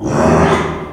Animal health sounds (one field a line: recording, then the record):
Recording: squeal of a Yucatan mini pig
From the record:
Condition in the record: after surgery on the right vocal fold (resection and tissue-engineered implant)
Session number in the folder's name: 3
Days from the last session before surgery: 33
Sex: male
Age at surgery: 12 weeks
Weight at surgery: 13 kg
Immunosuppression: cyclosporine, prednisolone